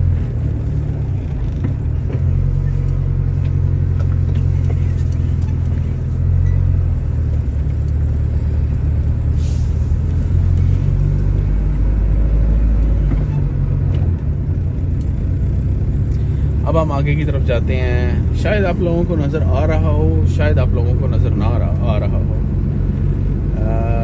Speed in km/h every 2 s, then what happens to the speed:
5, 0, 0, 4, 10, 13, 12, 14, 17, 19, 20, 21.
1-5 standing. 5-24 pulls away to 21.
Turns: none.